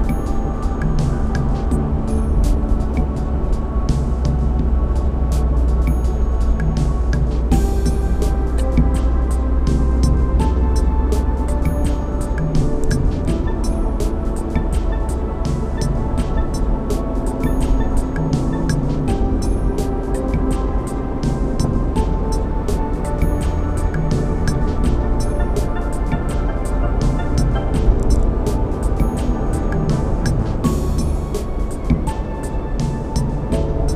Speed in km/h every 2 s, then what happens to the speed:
35, 34, 31, 29, 32, 34, 35, 35, 35, 35, 37, 39, 37, 39, 39, 39, 39.
0-34 steady at about 35.